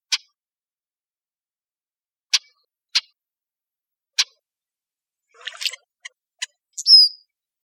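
Brewer's blackbird giving sharp, dry chip calls spaced irregularly, then a brief cluster of scratchy notes and a final high, squeaky whistled note.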